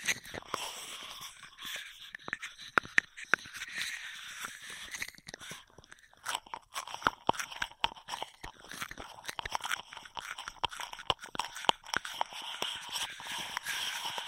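Straw sounds: dense, irregular crackles and crisp snaps over a soft rustling hiss, bright and busy throughout, with a brief lull near six seconds.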